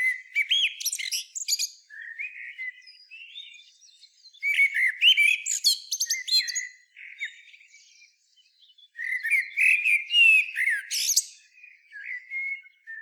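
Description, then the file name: Common blackbird song of melodic whistles mixed with high, scratchy chatter, in several phrases. "Turdus merula"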